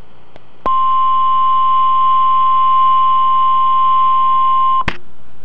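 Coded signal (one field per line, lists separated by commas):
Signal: Emergency Alert System (SAME) tones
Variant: 1050 Hz attention tone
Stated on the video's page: Weather radio KIH42 Wilmington, Ohio, recorded before the switch to new text-to-speech voices; ripped from cassettes, so sound quality is poor.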